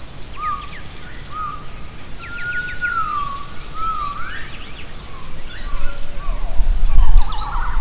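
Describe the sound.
Gibbon calls: clear whistled notes sliding up and down, one long rising-then-falling glide in the middle, with brief higher chirps and steady low background rumble.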